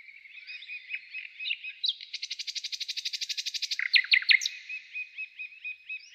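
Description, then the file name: Common nightingale song: soft repeated whistles build into a fast, loud rattling trill, then sharp descending notes and a steady series of quiet repeated chirps. "Zvuki-prirodysolovey-solov inaya-trel"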